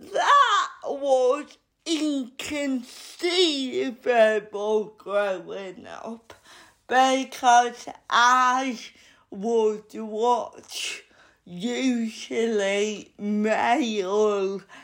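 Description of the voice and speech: Slow, effortful speech from an adult woman with stretched sounds and frequent pauses: dysarthria due to cerebral palsy, present all her life, which makes her talk slowly.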